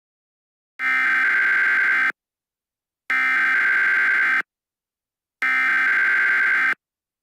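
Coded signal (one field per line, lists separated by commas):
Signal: Emergency Alert System (SAME) tones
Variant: header bursts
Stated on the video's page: Fictional scenario.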